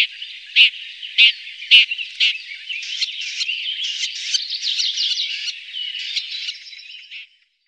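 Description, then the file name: Red-backed shrike giving four harsh, clipped calls about half a second apart, then a continuous scratchy, chattering warble of varied high notes that fades out. "Tornskata"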